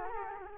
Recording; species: mosquito wingbeat signal from an infrared sensor; Culex quinquefasciatus